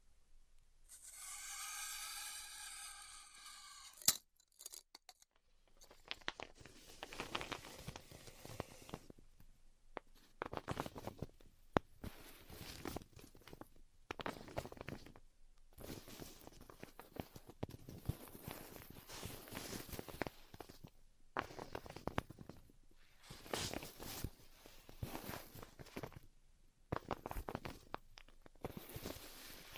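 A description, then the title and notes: Styrofoam being heat cut. It opens with a wavering, squeaky whine for about four seconds, then a sharp click, followed by repeated bursts of crackling, hissing texture, each lasting a second or two and separated by brief silences. ASMR Styrofoam Heat Cutting (No Talking).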